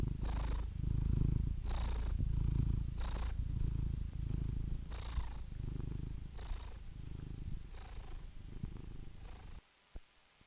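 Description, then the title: Domestic cat purr, continuous low vibration pulsing with each breath, fading near the end to near silence with a single click. Compilation of cats of all ages, kittens to senior cats. "The Ultimate Compilation of Adorable Cat Meows"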